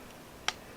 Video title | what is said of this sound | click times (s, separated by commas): 2020 Episode #13 ~ Adirondack Predator Trapping | you can hear that little click that means it's ready to go | 0.5 s